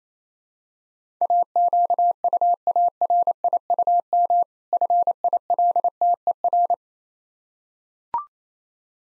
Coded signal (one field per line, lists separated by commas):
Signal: Morse code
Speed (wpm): 27 wpm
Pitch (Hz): 700 Hz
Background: none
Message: AQUARIUM FILTER